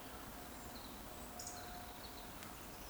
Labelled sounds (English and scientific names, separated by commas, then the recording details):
Eurasian Woodcock (Scolopax rusticola) whistle
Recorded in Baden-Württemberg, Germany, on 15 June 2020 at 19:59 UTC
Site 14569, 102 m above sea level